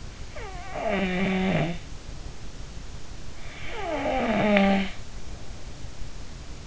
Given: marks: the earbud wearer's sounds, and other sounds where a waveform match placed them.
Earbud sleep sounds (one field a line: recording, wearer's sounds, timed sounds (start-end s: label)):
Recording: sounds in sleep by an in-ear microphone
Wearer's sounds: snoring breath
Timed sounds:
0.50-1.77 s: snoring breath
3.72-4.99 s: snoring breath